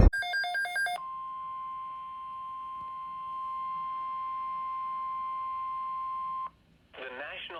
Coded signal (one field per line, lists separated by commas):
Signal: Emergency Alert System (SAME) tones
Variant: 1050 Hz attention tone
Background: speech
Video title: Severe Thunderstorm Watch #377 on July 14, 2021 (EAS #87)